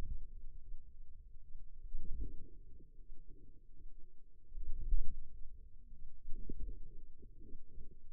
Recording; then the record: forearm muscle sounds (acoustic myography)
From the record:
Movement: ulnar deviation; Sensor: system 2, bracelet of six BSWA MPA416 microphones around the upper forearm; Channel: 1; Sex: female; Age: 23 years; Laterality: right